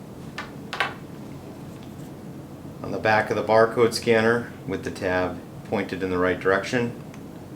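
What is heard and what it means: Someone talks while handling the square, ethernet-style plug of a barcode scanner cable at the port on the back of the scanner, with the plug's tab pointed the right way. A few short handling knocks come near the start, around 0.4 s and 0.7–0.8 s. Nothing has clicked or seated yet.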